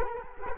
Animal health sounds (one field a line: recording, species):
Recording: mosquito wingbeat signal from an infrared sensor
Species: Culex quinquefasciatus